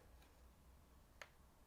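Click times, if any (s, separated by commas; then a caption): 1.2 s. The tripod collar on a SIGMA 70-200mm F2.8 DG DN OS Sports telephoto zoom lens for mirrorless cameras is unlocked and rotated around the lens barrel to the 90-degree position. A single small, sharp, well-defined click sounds at 1.2 s over quiet background hiss as the collar seats into its 90-degree detent.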